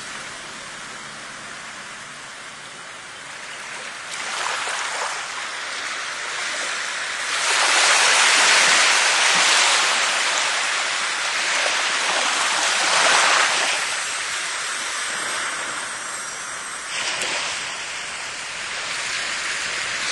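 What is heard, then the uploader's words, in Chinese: Rain and sea sounds, a dense hissing wash that stays bright throughout. The roar swells noticeably from about seven to fourteen seconds, like a wave surging in, then eases back to a softer steady hiss. 来自大自然下雨的声音，来自大海的声音。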